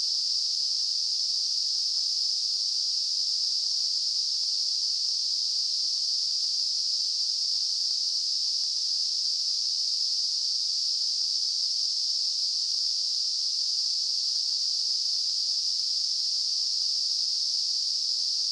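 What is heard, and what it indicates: A steady, high-pitched hissing band of noise, centred high in the treble, runs unchanged for about 18 seconds with no breaks or pulsing. It is a simulated tinnitus sound from gtl.org, imitating the constant hiss or ringing a person hears without any outside source.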